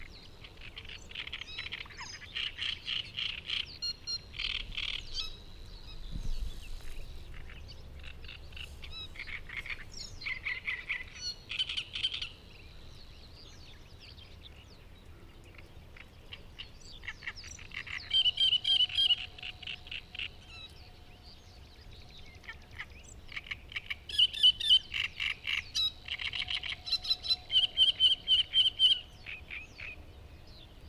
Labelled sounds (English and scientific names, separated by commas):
Great Reed Warbler (Acrocephalus arundinaceus) song